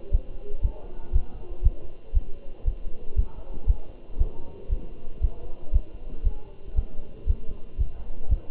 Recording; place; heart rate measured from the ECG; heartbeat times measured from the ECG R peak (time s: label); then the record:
heart sounds by stethoscope; between the tricuspid and mitral areas; 117 bpm
0.13 s: heartbeat
0.64 s: heartbeat
1.14 s: heartbeat
1.65 s: heartbeat
2.16 s: heartbeat
2.67 s: heartbeat
3.18 s: heartbeat
3.69 s: heartbeat
4.20 s: heartbeat
4.71 s: heartbeat
5.23 s: heartbeat
5.74 s: heartbeat
6.26 s: heartbeat
6.77 s: heartbeat
7.28 s: heartbeat
7.80 s: heartbeat
8.31 s: heartbeat
From the record:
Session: Bruce protocol treadmill stress test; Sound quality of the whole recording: good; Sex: male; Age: 27 years